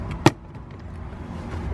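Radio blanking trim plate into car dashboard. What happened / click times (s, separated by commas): The small trim plate popped into place / 0.3 s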